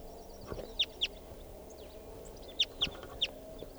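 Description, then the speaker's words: Crossbill giving short, sharp high chip notes, a pair of calls, a pause, then three more, over a low background hum. "And this is that wild female."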